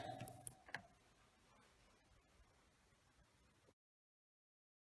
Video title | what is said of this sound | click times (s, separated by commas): HOSHIZAKI FRANCE FORMATION TECHNIQUE SERIE IM N | comme un ordinateur, et à venir clipper, verrouiller par son cache noir, jusqu'à entendre le clic de verrouillage. | 0.5 s